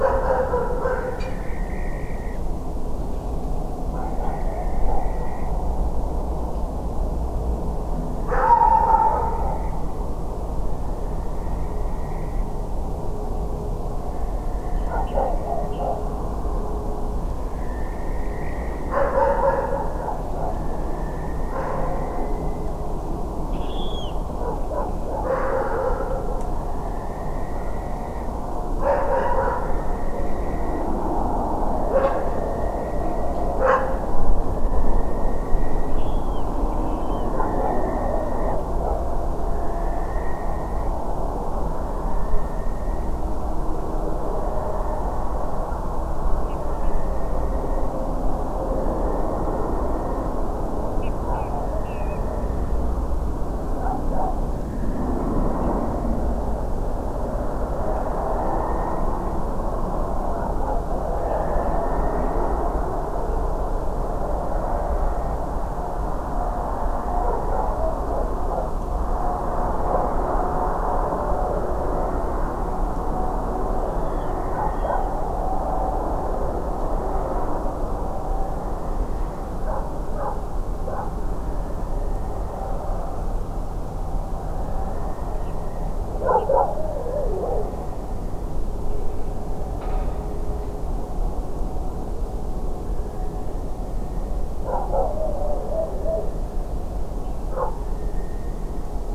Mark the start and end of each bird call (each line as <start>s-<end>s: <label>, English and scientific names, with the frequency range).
0.85s-2.38s: Western Barn Owl (Tyto alba) (1.7-2.7 kHz)
4.00s-5.51s: Western Barn Owl (Tyto alba) (1.7-2.7 kHz)
9.06s-9.72s: Western Barn Owl (Tyto alba) (1.7-2.5 kHz)
10.63s-12.65s: Western Barn Owl (Tyto alba) (1.7-2.7 kHz)
14.17s-15.64s: Western Barn Owl (Tyto alba) (1.7-2.2 kHz)
14.75s-15.12s: Water Rail (Rallus aquaticus) (2.4-3.5 kHz)
15.71s-15.77s: Water Rail (Rallus aquaticus) (2.6-3.5 kHz)
17.44s-18.93s: Western Barn Owl (Tyto alba) (1.7-2.8 kHz)
20.49s-22.83s: Western Barn Owl (Tyto alba) (1.6-2.3 kHz)
23.52s-24.12s: Water Rail (Rallus aquaticus) (2.2-6.7 kHz)
26.59s-28.28s: Western Barn Owl (Tyto alba) (1.6-2.6 kHz)
29.44s-30.87s: Western Barn Owl (Tyto alba) (1.7-2.8 kHz)
31.75s-33.58s: Western Barn Owl (Tyto alba) (1.6-2.9 kHz)
34.52s-36.03s: Western Barn Owl (Tyto alba) (1.6-2.7 kHz)
35.95s-36.45s: Water Rail (Rallus aquaticus) (2.4-3.6 kHz)
36.78s-37.27s: Water Rail (Rallus aquaticus) (2.4-3.3 kHz)
37.17s-38.56s: Western Barn Owl (Tyto alba) (1.6-2.4 kHz)
39.49s-40.91s: Western Barn Owl (Tyto alba) (1.6-2.6 kHz)
41.81s-43.12s: Western Barn Owl (Tyto alba) (1.6-2.5 kHz)
46.49s-46.56s: Water Rail (Rallus aquaticus) (2.1-3.2 kHz)
46.61s-47.87s: Western Barn Owl (Tyto alba) (1.6-2.3 kHz)
46.83s-46.91s: Water Rail (Rallus aquaticus) (2.2-3.1 kHz)
48.80s-50.28s: Western Barn Owl (Tyto alba) (1.6-2.1 kHz)
51.02s-51.49s: Water Rail (Rallus aquaticus) (2.0-3.1 kHz)
51.64s-52.77s: Western Barn Owl (Tyto alba) (1.6-2.1 kHz)
51.84s-52.18s: Water Rail (Rallus aquaticus) (2.1-3.2 kHz)
54.55s-55.12s: Western Barn Owl (Tyto alba) (1.5-2.0 kHz)
55.60s-55.69s: Water Rail (Rallus aquaticus) (2.4-3.1 kHz)
61.26s-62.48s: Western Barn Owl (Tyto alba) (1.7-2.1 kHz)
61.27s-61.36s: Water Rail (Rallus aquaticus) (2.3-3.1 kHz)
61.63s-61.70s: Water Rail (Rallus aquaticus) (2.5-3.1 kHz)
73.84s-74.33s: Water Rail (Rallus aquaticus) (2.7-3.6 kHz)
74.71s-75.07s: Water Rail (Rallus aquaticus) (2.7-3.5 kHz)
85.44s-85.51s: Water Rail (Rallus aquaticus) (2.4-3.1 kHz)
86.37s-86.44s: Water Rail (Rallus aquaticus) (2.4-3.3 kHz)
97.23s-97.29s: Water Rail (Rallus aquaticus) (2.6-3.2 kHz)
97.89s-98.64s: Western Barn Owl (Tyto alba) (1.7-2.1 kHz)